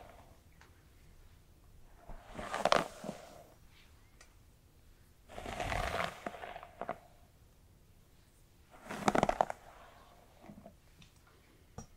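Brushing through hair in three separate bursts, near 2.5, 5.5 and 9 seconds, each a dense rasping sweep about a second long with bright crackles and small ticks. Between the strokes it is quiet, with only a soft low hum and occasional faint clicks.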